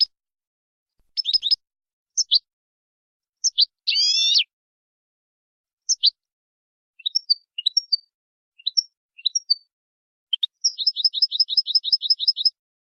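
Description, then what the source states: European goldfinch singing varied liquid twitters and short chips, a buzzy nasal note early on, ending in a fast even trill of repeated notes. Used to train goldfinches in clean song style, 'cante limpio'.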